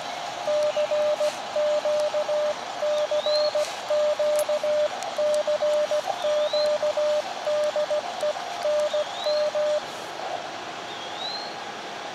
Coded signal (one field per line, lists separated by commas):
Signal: Morse code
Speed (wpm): 17 wpm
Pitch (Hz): 600 Hz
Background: none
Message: CQ CQ CQ DE NM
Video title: Rest Area QSO | KX2 Antenna Into Tree | Stealth Public QRP